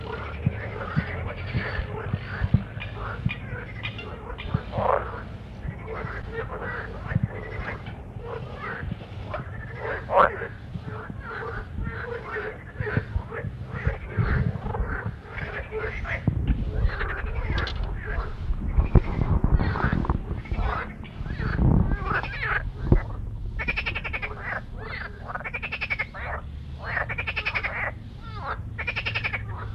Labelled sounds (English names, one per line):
Marsh Frog call